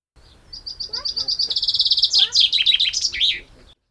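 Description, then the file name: Common chaffinch song, a series of bright repeated notes accelerating into a rapid trill and finishing with an emphatic, downward-sweeping flourish. "Fringilla coelebs"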